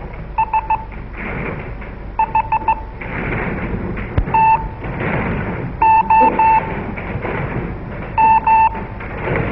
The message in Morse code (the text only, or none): S H T O M